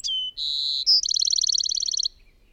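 Bird giving a single song: falling whistle, level high note, a brief piercing note and a rapid, regular trill lasting about a second.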